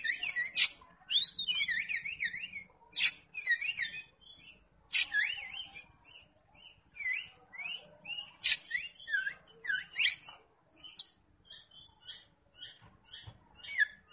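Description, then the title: Oriental magpie-robin song: a varied run of loud, clear whistled phrases, some rising and falling in quick slurs, others short sharp notes, with brief pauses between bursts. "Kacer"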